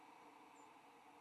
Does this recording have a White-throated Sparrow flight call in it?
yes